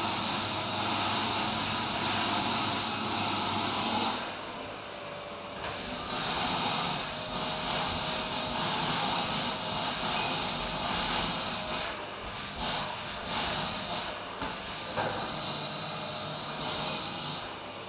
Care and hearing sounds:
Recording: daily activity, microphone in the room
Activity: vacuum cleaning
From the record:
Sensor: 2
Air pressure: 1010.1 hPa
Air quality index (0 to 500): 162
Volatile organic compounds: 7 ppm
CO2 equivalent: 2030 ppm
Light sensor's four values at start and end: 38/92/41/46 and 37/91/40/45

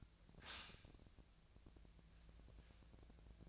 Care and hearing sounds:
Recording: daily activity, microphone in the room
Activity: stop toaster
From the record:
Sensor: 2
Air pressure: 1000.0 hPa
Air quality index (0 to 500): 147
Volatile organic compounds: 2 ppm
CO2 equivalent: 1243 ppm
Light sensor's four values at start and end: 27/66/28/31 and 27/66/28/31

